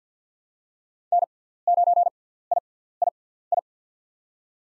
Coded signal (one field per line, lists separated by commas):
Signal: Morse code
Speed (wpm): 45 wpm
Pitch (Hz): 700 Hz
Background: none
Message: N9III